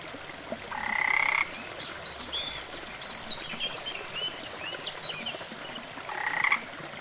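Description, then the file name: Frog calling twice with raspy, slightly rising croaks roughly five seconds apart, while faint bird chirps sound in the background. "rana"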